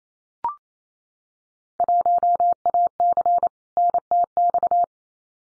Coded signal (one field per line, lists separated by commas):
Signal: Morse code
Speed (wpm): 28 wpm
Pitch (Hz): 700 Hz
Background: none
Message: 1AC NTX